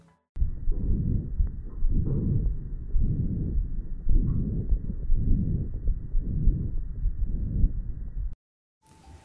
Abnormal lung sounds of a feeder calf patient. This is from one of the feeder calves that had bronchopneumonia.